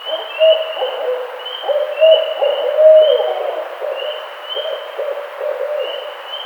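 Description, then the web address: Barred owl giving a run of low, uneven hoots, some emphatic, while a high, repeated whistled note sounds steadily in the background. Recorded 18 April 2009. "Barred Owl 2009 04 18"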